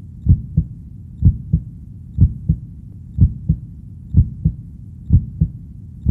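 Steady low thumping in paired beats, a stronger first sound followed closely by a softer second, at about 62 beats a minute. A regular heartbeat, played as a continuous ASMR sound for relaxation, sleep and meditation.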